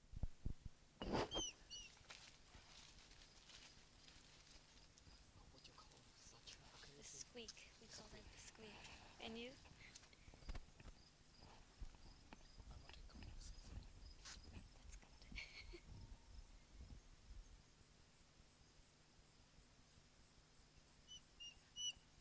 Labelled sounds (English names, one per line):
Gray Wolf